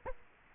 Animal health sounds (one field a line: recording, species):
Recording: mosquito wingbeat signal from an infrared sensor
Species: Culex quinquefasciatus